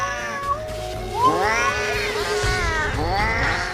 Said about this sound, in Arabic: قاطع حته من الشعر بتاع الفرو بتاع القطه، وبدا يدوس على القطه، والقطه تصرخ تصرخ. قلت له قطع شعر منها؟ قال لي اه قطع شعر، والقطة عمالة تزعق وتصرخ من اللي بيحصل فيها.